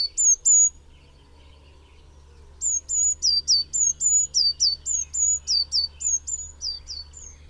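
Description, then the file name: Eurasian Blue Tit, a couple of quick high notes, then after a pause a long even series of thin whistled and downslurred notes. "Cyanistes caeruleus"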